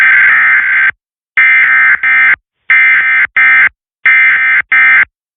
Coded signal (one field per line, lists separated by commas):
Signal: Emergency Alert System (SAME) tones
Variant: end-of-message bursts